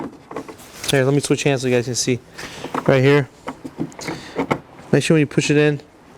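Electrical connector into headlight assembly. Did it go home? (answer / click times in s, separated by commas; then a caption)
no / none. Someone talks while handling a second plastic electrical connector at a 2019 Subaru Forester headlight assembly, pushing it in by hand close to view. A few faint handling taps and knocks are heard between the talking. Nothing has seated or clicked yet when the clip ends.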